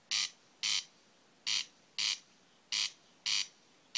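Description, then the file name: Corn crake giving harsh, rasping crex notes in pairs, each burst dry and scratchy, repeated steadily across the short stretch with quiet background between. Recorded 30 June 2011. "Åkerrikse 300611"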